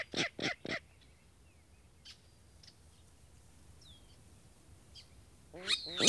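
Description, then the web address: Virginia rail calls: three quick, harsh notes at the start, a quiet stretch with faint chips, then a loud rasping burst at the end. "Songs of Birds of North America Know Your Bird Sounds Common Western Species. Virginia Rail"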